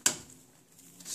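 A plastic part with three catches is pressed into its slots in an HP 6130 computer case and snaps into place with one sharp click at 0.1 s. A faint quiet hum follows, with a softer noise near 1.0 s. The part is seated.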